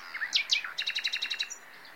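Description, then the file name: Common nightingale song: a few swooping whistles, then a quick run of bright repeated chirps that fades out into quiet. "Luscinia megarhynchos"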